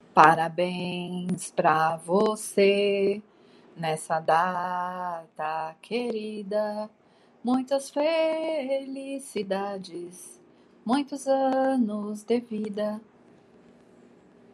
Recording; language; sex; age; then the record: short text; Brazilian Portuguese; female; 50 to 59 years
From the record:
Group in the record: control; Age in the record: 53 years